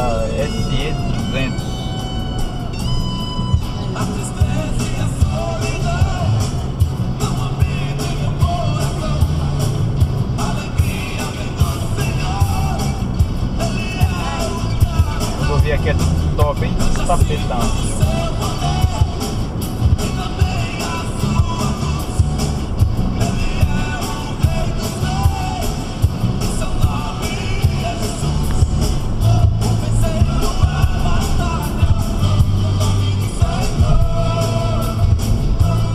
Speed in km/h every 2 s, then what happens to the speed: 64, 68, 71, 75, 78, 81, 82, 84, 85, 86, 87, 86, 83, 81, 82, 74, 71, 73.
0-19 speeds up to 87. 19-29 steady at about 83. 29-31 brakes to 71.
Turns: none.